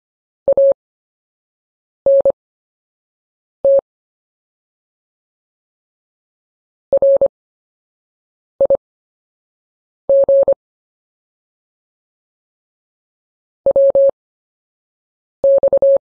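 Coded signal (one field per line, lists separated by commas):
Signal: Morse code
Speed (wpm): 25 wpm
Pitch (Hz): 550 Hz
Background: none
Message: ANT RIG WX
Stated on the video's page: Morse practice of anchor words with a slow speed workout at 8 WPM.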